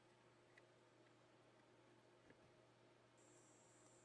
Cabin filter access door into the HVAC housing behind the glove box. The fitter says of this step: then snap it back in place on the other side